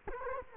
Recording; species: mosquito wingbeat signal from an infrared sensor; Culex quinquefasciatus